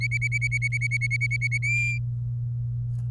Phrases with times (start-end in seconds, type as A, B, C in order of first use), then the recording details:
0.01-1.58 A, 1.62-1.98 B. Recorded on 24 April 2018 at 07:57. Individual llb3